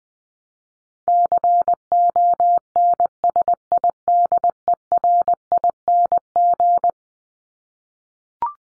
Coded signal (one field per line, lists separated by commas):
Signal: Morse code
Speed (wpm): 20 wpm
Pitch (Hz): 700 Hz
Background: none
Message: CONSIDERING